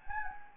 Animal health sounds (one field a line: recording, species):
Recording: mosquito wingbeat signal from an infrared sensor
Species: Anopheles gambiae